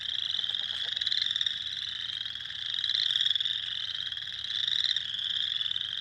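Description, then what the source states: Spring peepers, many shrill peeps blending into a continuous ringing chorus that swells and fades in waves every couple of seconds. Several spring peepers, recorded 6 April 2021.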